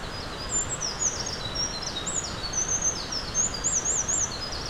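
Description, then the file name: Eurasian wren in full song, pouring out loud, very high, tumbling notes and wavering trills without pause against a low hiss. Recorded 20 April 2026. "260420 004 misosazai"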